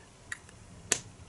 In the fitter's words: okay make sure you put it down until you hear the click um my bad